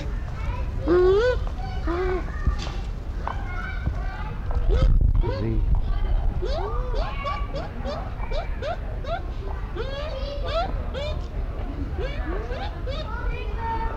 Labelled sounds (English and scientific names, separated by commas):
Bush Dog (Speothos venaticus)